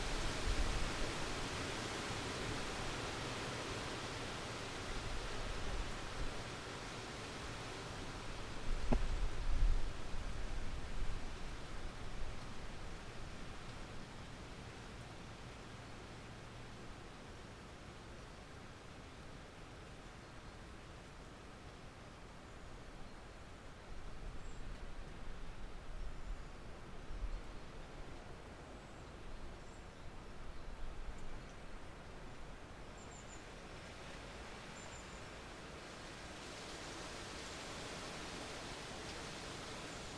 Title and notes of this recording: Wind in the Orchard. The wind is rustling through the trees and we can hear the muted sounds from the farmhouse nearby; people milling about in the kitchen, getting dinner ready, tidying up from the day.